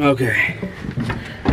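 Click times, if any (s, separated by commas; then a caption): none. Someone talks while forcing the second fuel line quick-connect fitting onto the tank fuel port of a Lincoln Ranger 10000, pushing it on with difficulty. Short scraping knocks are heard near 1.0 s and 1.1 s, but unlike the first connector, this one has not clicked or seated yet.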